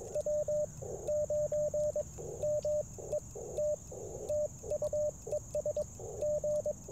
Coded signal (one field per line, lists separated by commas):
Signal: Morse code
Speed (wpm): 22 wpm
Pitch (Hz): 590 Hz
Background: radio noise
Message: W9MET TU ES G